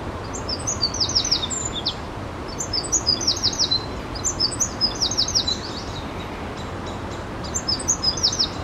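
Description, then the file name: Eurasian wren song: fast bursts of very high, sharp notes and rattling trills in several short phrases, over steady low background hiss. "Troglodytes troglodytes"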